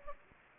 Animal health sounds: mosquito wingbeat signal from an infrared sensor; Anopheles gambiae

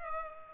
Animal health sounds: mosquito wingbeat signal from an infrared sensor; Culex pipiens

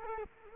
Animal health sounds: mosquito wingbeat signal from an infrared sensor; Culex quinquefasciatus

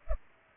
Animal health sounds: mosquito wingbeat signal from an infrared sensor; Culex pipiens

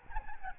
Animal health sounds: mosquito wingbeat signal from an infrared sensor; Aedes albopictus

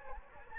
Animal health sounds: mosquito wingbeat signal from an infrared sensor; Anopheles gambiae

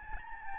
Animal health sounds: mosquito wingbeat signal from an infrared sensor; Aedes albopictus

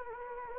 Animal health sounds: mosquito wingbeat signal from an infrared sensor; Anopheles gambiae

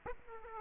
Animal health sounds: mosquito wingbeat signal from an infrared sensor; Aedes aegypti

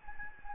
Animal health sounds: mosquito wingbeat signal from an infrared sensor; Anopheles gambiae

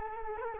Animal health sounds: mosquito wingbeat signal from an infrared sensor; Culex quinquefasciatus

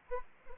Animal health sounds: mosquito wingbeat signal from an infrared sensor; Anopheles arabiensis

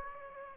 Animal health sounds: mosquito wingbeat signal from an infrared sensor; Aedes aegypti

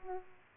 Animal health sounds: mosquito wingbeat signal from an infrared sensor; Aedes aegypti

